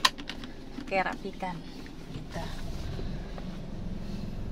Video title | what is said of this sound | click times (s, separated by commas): BELAJAR MENGEMUDI UNTUK PEMULA - BELAJAR MENGEMUDI MOBIL | ditarik terus ditarik terus tarik Terus Sampai bunyi klik kerap | 0.1 s